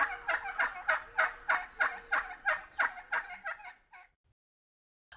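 Wild Turkey: a rattling series of many throaty notes that fades, followed by silence and one faint note.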